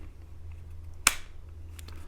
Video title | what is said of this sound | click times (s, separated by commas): Eafengrow EF165 Full Tang Fixed Blade Knife (DC53 Steel • Micarta Handle • Under $25) | So, nice positive click there. | 1.1 s